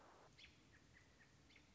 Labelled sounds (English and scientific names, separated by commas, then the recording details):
American Robin (Turdus migratorius)
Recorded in Sonoma County, California